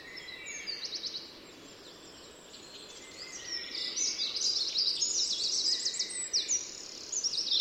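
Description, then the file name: Eurasian wren singing a rapid, high, buzzy string of trills and twitters that starts briefly, pauses, then runs on loudly for several seconds over faint background hiss. "Troglodytes troglodytes"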